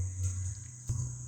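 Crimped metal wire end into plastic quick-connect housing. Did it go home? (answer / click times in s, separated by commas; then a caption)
no / none. A crimped metal wire end is handled and pushed toward a plastic quick-connect housing for trolling motor battery wiring. A steady low hum and a constant high-pitched tone run throughout, with a soft broadband bump near 0.9 s. Nothing has seated or clicked yet; the connector is not yet home.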